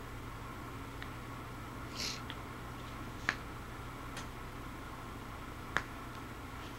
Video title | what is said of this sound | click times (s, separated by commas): ESS ICE Saftey Glasses | okay i heard that snapped down | 3.3 s, 5.8 s